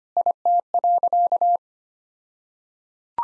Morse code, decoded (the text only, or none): IT.